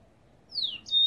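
Goldfinch: one high whistled note sliding downward, then a short buzzy note and a thin steady tone.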